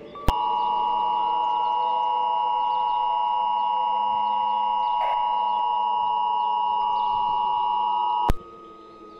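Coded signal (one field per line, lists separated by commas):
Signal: Emergency Alert System (SAME) tones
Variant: 853 and 960 Hz attention tone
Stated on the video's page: Fictional remastered EAS scenario using a weather radio template.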